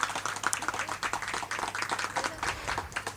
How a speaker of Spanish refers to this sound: Un aplauso fuerte para ellos y ellas que son los protagonistas de este proceso finalmente.